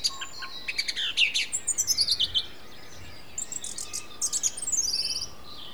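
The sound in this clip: Song thrush song of rapid, repeated sharp high notes in dense bursts, a pause, then further clipped phrases and a quick rattling series at the end.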